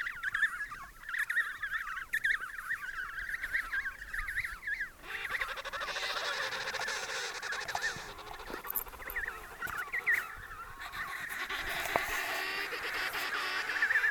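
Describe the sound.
Steady chorus of penguin brays from many birds, harsh and wavering, with a rougher, noisier stretch in the middle.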